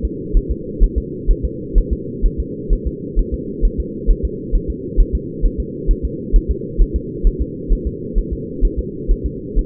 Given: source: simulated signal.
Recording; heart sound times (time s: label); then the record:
fetal heart sounds
0.05 s: S2
0.37 s: S1
0.51 s: S2
0.84 s: S1
0.98 s: S2
1.31 s: S1
1.45 s: S2
1.78 s: S1
1.93 s: S2
2.26 s: S1
2.40 s: S2
2.73 s: S1
2.87 s: S2
3.19 s: S1
3.34 s: S2
3.65 s: S1
3.80 s: S2
4.11 s: S1
4.25 s: S2
4.55 s: S1
4.70 s: S2
5.00 s: S1
5.15 s: S2
5.46 s: S1
5.60 s: S2
5.91 s: S1
6.05 s: S2
6.36 s: S1
6.51 s: S2
6.82 s: S1
6.96 s: S2
7.27 s: S1
7.42 s: S2
7.73 s: S1
7.87 s: S2
8.18 s: S1
8.33 s: S2
8.65 s: S1
8.79 s: S2
9.12 s: S1
9.26 s: S2
9.59 s: S1
From the record:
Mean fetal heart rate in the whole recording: 130 bpm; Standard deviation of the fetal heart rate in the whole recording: 2 bpm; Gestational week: 38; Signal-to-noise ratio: -4.1 dB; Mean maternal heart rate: no maternal heart sound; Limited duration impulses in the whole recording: absent